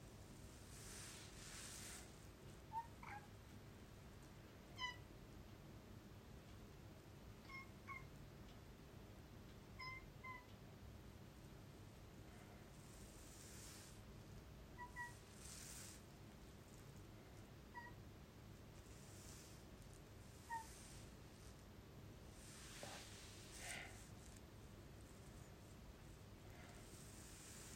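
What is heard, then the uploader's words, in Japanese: A pet cat makes a string of short, soft chirps and meows, spaced every couple of seconds. A steady low rumble and hiss fills the background throughout, with a few brief bright rustles around the midpoint and later. 愛猫マロンの声。膝の上のマロン。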